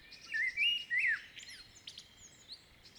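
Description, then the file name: Common blackbird song: three clear fluted whistles, then soft scattered high squeaks. "Turdus merula"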